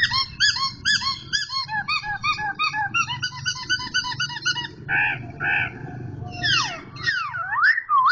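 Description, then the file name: Black-throated laughingthrush song: rapid repeated arched whistles, then two louder flat notes and wide sweeping whistled slides, with a low background hum. Indonesian title calls it poksay hongkong and labels the sound as its 'tarian' (dance) song. "suara tarian poksay hongkong"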